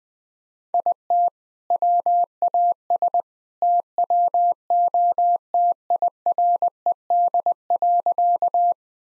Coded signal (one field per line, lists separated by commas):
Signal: Morse code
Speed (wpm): 20 wpm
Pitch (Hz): 700 Hz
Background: none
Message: IT WAS TWO TIRED.